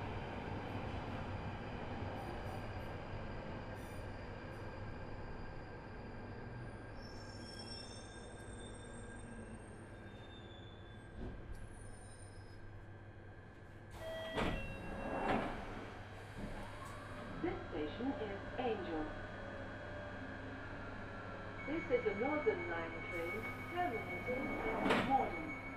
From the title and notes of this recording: I recorded the sound of an empty Underground train and it made me feel a bit weird and spooky. I made sure I travelled late, about 10pm. My carriage was entirely empty for the entire journey from East Finchley to Bank. I decided to bring along a handheld recording device and sit there recording the noise.